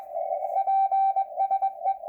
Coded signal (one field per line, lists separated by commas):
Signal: Morse code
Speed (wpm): 22 wpm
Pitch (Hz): 780 Hz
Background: radio noise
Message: PSE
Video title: Minnesota Section Net, 10/26/2020 (Morse Code)